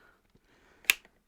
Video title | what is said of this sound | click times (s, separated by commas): Workshop Update & Dyson V10 Extendable Wand | but the only issue i'm having is is not clicking in | none